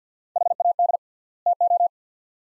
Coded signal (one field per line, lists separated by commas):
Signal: Morse code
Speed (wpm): 50 wpm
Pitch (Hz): 700 Hz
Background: none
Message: HAD TO